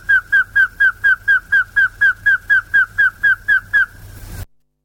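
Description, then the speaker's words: Rail repeating a slurred whistled note about twice a second, the series stopping abruptly before a short silence. South American rail calling after warming up; belongs to a group known for long calls. "それでは南米のクイナはどうでしょう。ウォーミングアップをして鳴いております。"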